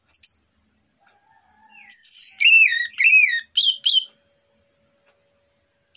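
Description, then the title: Orange-headed thrush song, several looping, falling slurred whistles in quick succession, bracketed by short high chirps. Morning lure recording, described as relaxed and clear. "Pancingan Anis Merah Plong Santai Pagi Hari"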